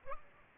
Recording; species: mosquito wingbeat signal from an infrared sensor; Aedes albopictus